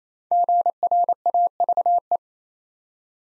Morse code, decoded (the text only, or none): GRAVE